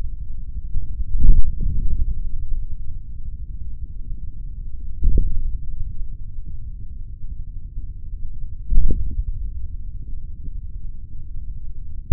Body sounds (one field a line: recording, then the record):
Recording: forearm muscle sounds (acoustic myography)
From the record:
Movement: hand closing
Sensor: system 3, bracelet of six PUI Audio POM-2738L microphones around the upper forearm, with dedicated amplification and filtering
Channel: 1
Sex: male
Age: 26 years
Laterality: right